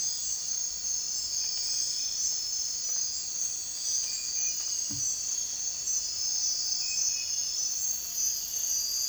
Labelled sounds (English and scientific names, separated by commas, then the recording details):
none
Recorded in dense forest near Puerto Asís, Putumayo, Colombia, on 21 December 2024 at 04:30
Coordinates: 0.467, -76.328
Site GP05